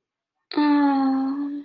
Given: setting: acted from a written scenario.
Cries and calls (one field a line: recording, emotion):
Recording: vocal sound without words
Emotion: distress